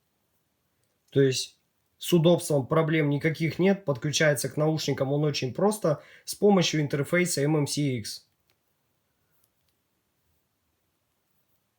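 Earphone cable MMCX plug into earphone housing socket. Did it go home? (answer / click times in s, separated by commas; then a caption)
no / none. Someone talks for most of the first eight seconds while the MMCX plug on the cable of a BGVP NS10 hybrid earphone is brought to the earphone's socket and lined up before being pushed home. After the talking stops, only faint light ticks are heard around 8.5, 9.4, 9.7 and 11.9 seconds. The plug has not seated or clicked yet.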